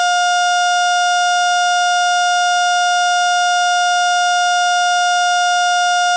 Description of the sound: Steady Heart Monitor To Flatline.